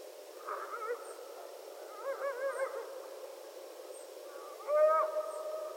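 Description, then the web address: Coyotes giving quavering, wobbling calls in three short bursts, around one second, two to three seconds and five seconds, the last one loudest, with quieter gaps between. Several coyotes; recorded 15 February 2012. "Coyote 2012 02 15 Coyotes"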